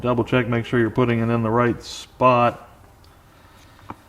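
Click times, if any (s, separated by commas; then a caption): 3.9 s. A crimped metal wire terminal with a locking pin on its back is pushed into a plastic ignition wiring connector housing. Someone talks, then after a quiet stretch a sharp click comes at 3.9 s as the terminal seats and locks into the housing.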